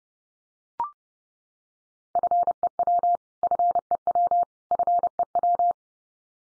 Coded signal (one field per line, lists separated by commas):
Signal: Morse code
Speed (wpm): 30 wpm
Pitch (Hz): 700 Hz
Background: none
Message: FEW FEW FEW